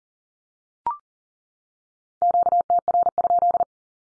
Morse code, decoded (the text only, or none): QTR?